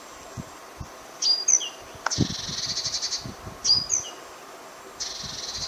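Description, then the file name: Great tit calling. Short high whistled notes lead into rapid buzzy churrs, a pattern heard twice, with faint low knocking sounds in the background. "Parus major"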